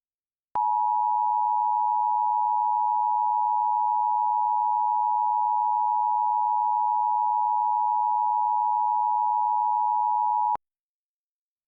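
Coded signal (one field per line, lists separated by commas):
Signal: Emergency Alert System (SAME) tones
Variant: 853 and 960 Hz attention tone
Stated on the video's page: Simulated EAS scenario for a tornado warning.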